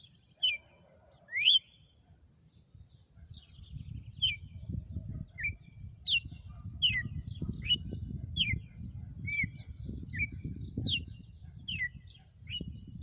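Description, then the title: Red-cowled cardinal delivering a run of quick, high, sweeping whistles, one after another, against low rumbling noise. Female; sang one lash (açoite) of song after another today. "Canto Galo Campina Fêmea. Galo de campina,hj foi um açoite atrás do outro"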